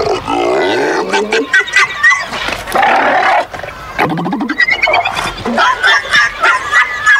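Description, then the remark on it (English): A chorus of seals barking over one another in loud, honking, throaty calls, with bursts of harsh yelps and grunts overlapping continuously throughout. “Guess what these seals are saying instead?”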